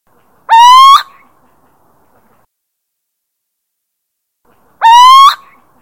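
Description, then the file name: Little owl territorial call: two drawn-out, slightly rising hoots about four seconds apart, strongly harmonic, with an otherwise silent background. Territorial call, Drenthe, Netherlands. "Steenuil territorium Drenthe"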